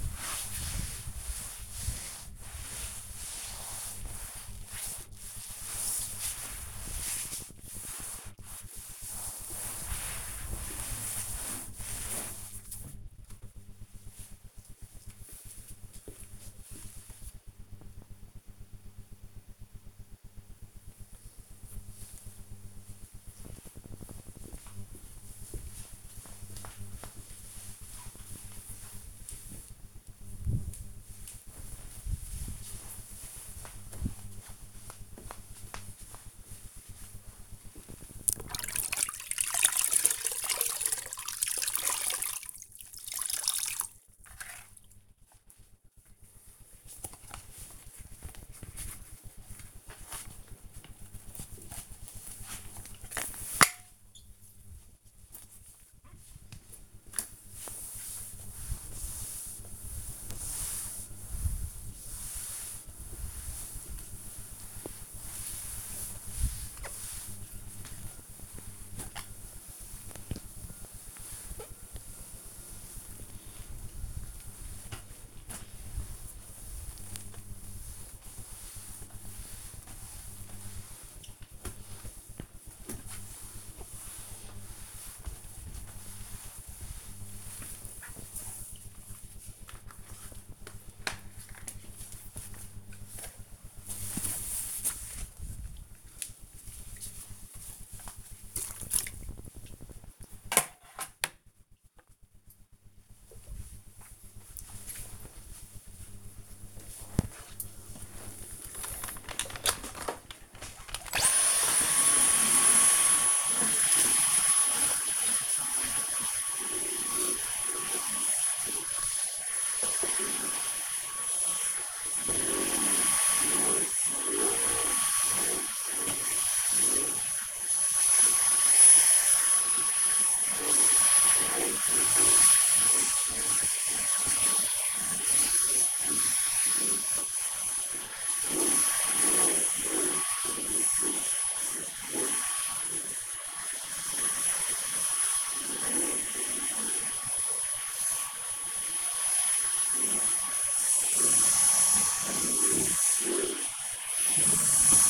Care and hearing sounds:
household activities, microphone on the right wrist
0.00-12.84 s: cleaning table
36.96-97.33 s: floor cleaning
108.39-155.10 s: vacuum cleaning

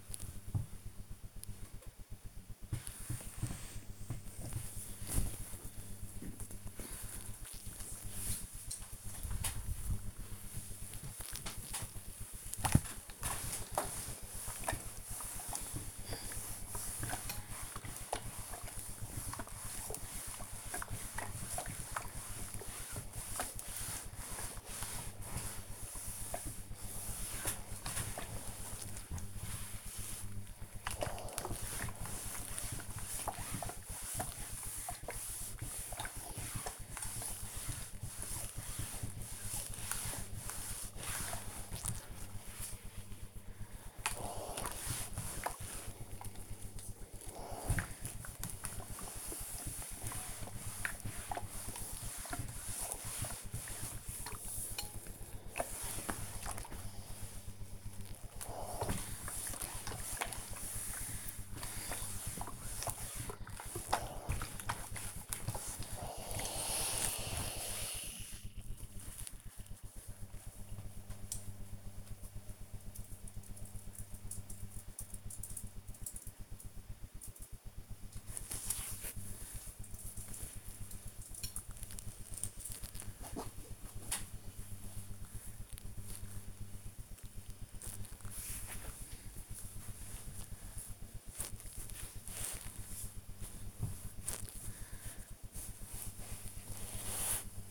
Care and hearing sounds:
household activities, microphone on the right wrist
1.34-71.70 s: ironing laundry
77.74-97.71 s: folding laundry

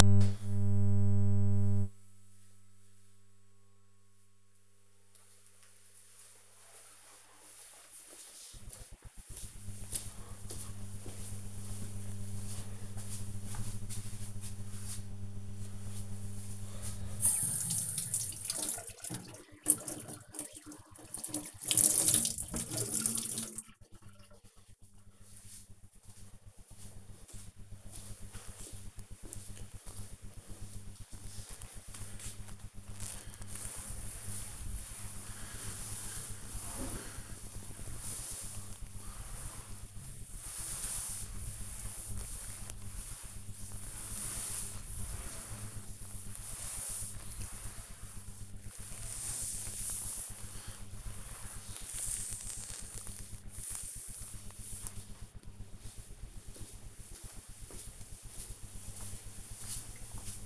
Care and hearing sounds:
household activities, microphone on the right wrist
15.81-54.15 s: cleaning table

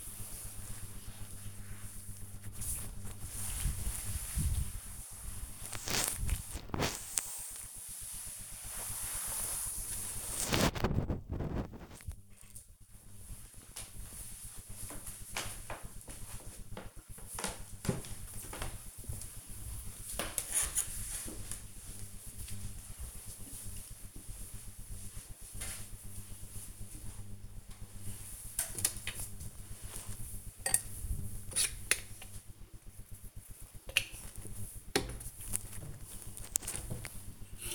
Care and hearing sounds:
household activities, microphone on the right wrist
0.00-12.38 s: cleaning table
27.47-37.75 s: brushing teeth

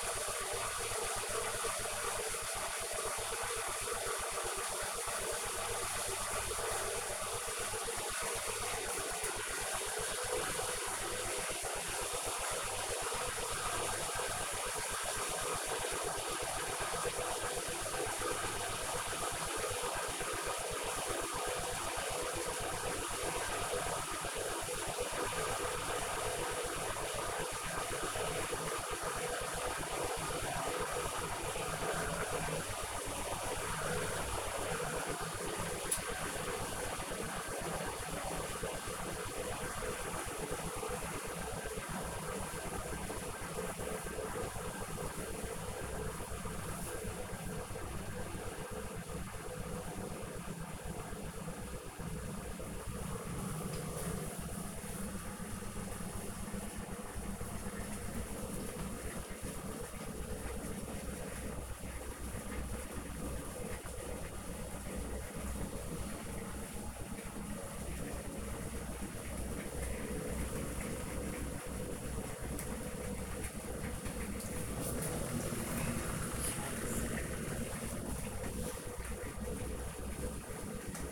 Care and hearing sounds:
household activities, microphone on the right wrist
0.00-81.12 s: making tea

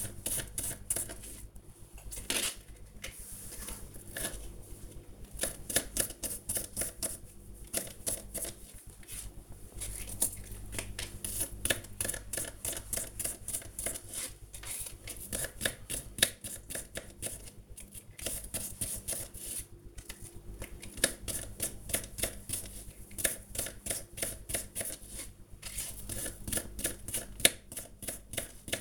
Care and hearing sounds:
household activities, microphone on the right wrist
0.00-28.81 s: cutting vegetables

